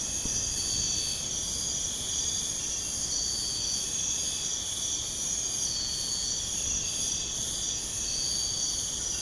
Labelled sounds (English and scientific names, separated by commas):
none